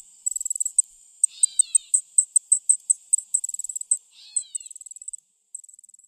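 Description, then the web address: Allard's ground cricket song: a high, fast, ticking trill broken into short bursts and pauses, with two brief lower sounds slurring downward partway through. "Songs of Insects. Allards Ground Cricket"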